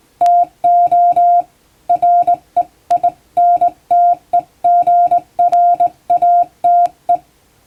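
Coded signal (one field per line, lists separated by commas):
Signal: Morse code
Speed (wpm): 20 wpm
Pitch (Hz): 700 Hz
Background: music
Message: TO REINTEGRATE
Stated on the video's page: Hand-keyed plain-language English Morse sent by a first-class radiotelegraph operator, for amateur radio receiving practice.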